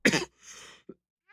Male Coughs Sound Effect.